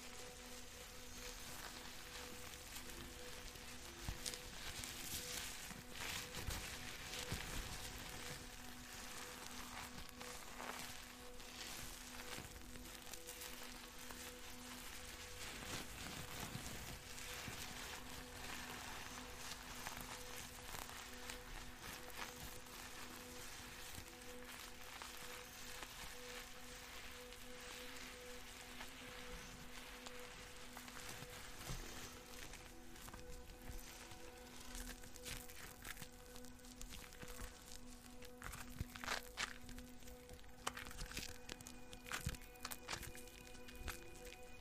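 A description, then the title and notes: Hair brushing fills the clip with a dense, bright, scratchy rustle, broken by frequent sharper strokes that come closer together near the end. Underneath, a soft ambient music bed holds two steady low tones, and the overall level stays even throughout. Hair brushing, soapy goodness, and some soothing background music.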